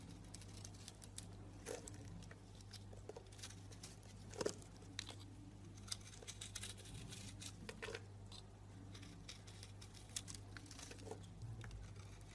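Soap carving: soft scraping and pattering clicks, irregular and fairly dense, over a steady low hum, with a sharper knock near four seconds.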